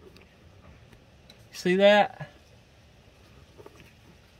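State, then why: Stripped. A #2 Phillips screwdriver turned with normal pressure in a Japanese cross-head steel screw slips and cams out of the recess, giving sharp metallic ticks at 0.2, 0.2, 0.9 and 1.3 seconds. Someone talks briefly in the middle. Each cam-out strips a little metal from the screw's groove, leaving the head stripped.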